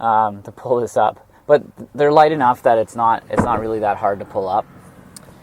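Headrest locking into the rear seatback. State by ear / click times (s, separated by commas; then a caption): seated / 5.2 s. In a 2018 Volkswagen Atlas, a folded third-row seatback is pulled up, and its headrest rises and locks into the rear seatback. Someone talks over most of the clip, then a single sharp click is heard at 5.2 s as the headrest locks into place.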